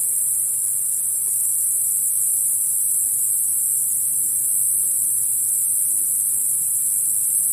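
Cicada producing a constant high-pitched shrill drone without pause, with a faint low hum beneath.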